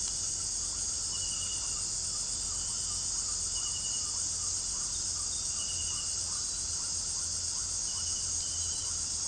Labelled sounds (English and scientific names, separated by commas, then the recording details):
none
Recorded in pastures near Puerto Asís, Putumayo, Colombia, on 25 June 2025 at 18:30
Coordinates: 0.497, -76.327
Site G040